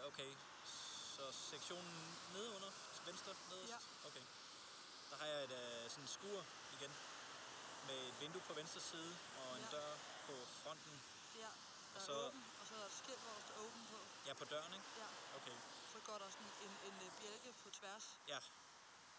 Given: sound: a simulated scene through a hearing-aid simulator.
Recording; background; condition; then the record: conversation; traffic; +4 dB SNR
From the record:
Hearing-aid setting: I (fast-acting compression, audibility-based gain); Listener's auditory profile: D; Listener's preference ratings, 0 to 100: 78, 51, 84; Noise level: 75 dB SPL